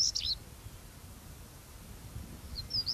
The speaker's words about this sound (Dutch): Ja, je hoort hem. Een moeilijk liedje eigenlijk. Ik heb ooit de eerste keer dat ik een roodborsttapuit hoorde zingen, toen dacht ik, ja, hoe moet ik dit onthouden? Waar lijkt het op?